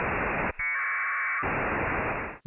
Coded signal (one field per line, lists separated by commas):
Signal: packet radio (AX.25, as in APRS)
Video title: This is NOT a normal Radio! But it can do amazing things!